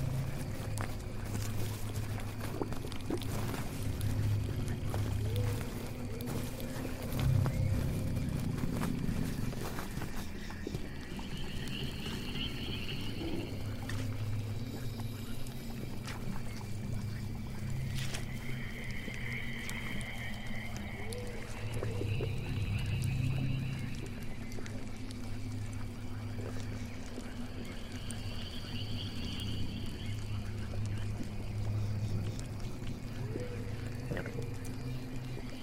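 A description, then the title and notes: A witch's swamp house ambience built on a steady, low rumbling drone that swells briefly around 8 and 23 seconds. From about 11 seconds on, bright warbling, frog-like calls rise over it every few seconds, with faint scattered clicks throughout. Witch's swamp house ambience.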